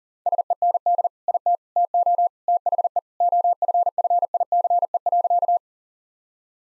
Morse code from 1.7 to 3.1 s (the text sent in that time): TO THE